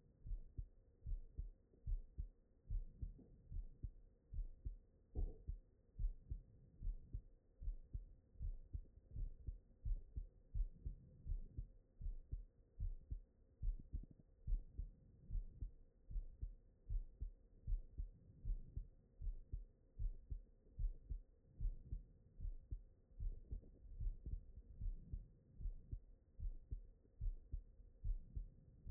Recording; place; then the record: heart sounds by stethoscope; mitral valve (MV)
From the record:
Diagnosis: non-HFrEF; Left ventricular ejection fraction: 63%